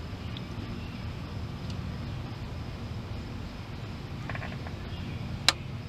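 A small wiring connector clip is pushed hard onto the alternator of a Dodge Caravan after a long struggle, over a steady low rumble with a few faint ticks around 0.4 and 4.3 seconds. A loud, sharp snap at 5.5 seconds marks the clip seating on the alternator.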